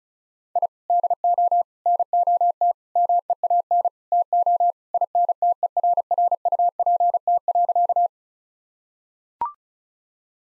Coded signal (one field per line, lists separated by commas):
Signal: Morse code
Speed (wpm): 34 wpm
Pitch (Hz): 700 Hz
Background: none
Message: I DO NOT MEAN TO INTERRUPT.